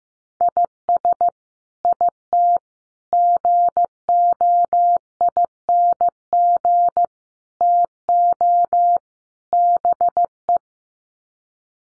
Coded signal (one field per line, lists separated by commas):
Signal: Morse code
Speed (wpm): 15 wpm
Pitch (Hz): 700 Hz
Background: none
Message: IS IT GOING TO BE